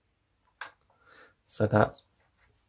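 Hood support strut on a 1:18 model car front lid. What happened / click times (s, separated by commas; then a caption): The small support strut clicked into its hold position / 0.6 s. The front lid of a 1:18 Bburago die-cast Ferrari Monza SP1 2021 (Signature Edition) model car is lifted until its plastic support strut clicks into its hold position to keep the lid from falling down. A short, sharp click is heard at 0.6 s, followed by faint rustling and then someone talking. The strut seats and holds the lid open.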